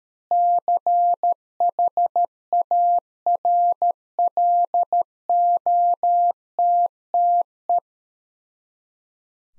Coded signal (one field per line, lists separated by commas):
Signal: Morse code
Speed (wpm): 13 wpm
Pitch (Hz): 700 Hz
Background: none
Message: CHARLOTTE